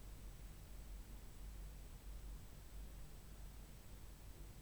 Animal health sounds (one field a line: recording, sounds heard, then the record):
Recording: poultry house recording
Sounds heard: no chicken sound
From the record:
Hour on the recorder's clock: 6